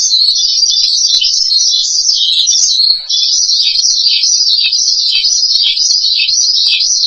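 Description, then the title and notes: Starling song, a continuous high, wavering chatter without pauses, briefly dipping near the three-second mark; no other sounds clear. "suara burung jalak"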